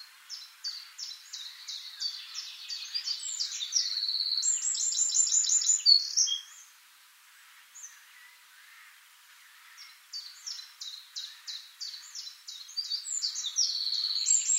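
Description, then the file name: Eurasian wren song: a run of high repeated notes swelling into a loud buzzing trill, a quiet gap of several seconds, then the ticking series and trilling resume. "Troglodytes troglodytes"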